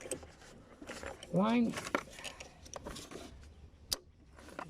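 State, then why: Seated. A diesel fuel line quick-release connector on a Citroen Rely is pushed onto the port of a new fuel filter until it latches. Someone talks briefly, then two sharp clicks are heard at 2.7 s and 3.9 s. The connector clicks home and is seated.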